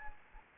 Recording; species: mosquito wingbeat signal from an infrared sensor; Anopheles gambiae